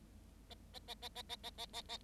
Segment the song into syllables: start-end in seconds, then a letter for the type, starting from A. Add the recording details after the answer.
0.49-0.54 A, 0.73-0.79 A, 0.87-0.94 A, 1.01-1.08 A, 1.15-1.22 A, 1.29-1.36 A, 1.43-1.50 A, 1.57-1.65 A, 1.73-1.81 A, 1.88-1.97 A. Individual Bird7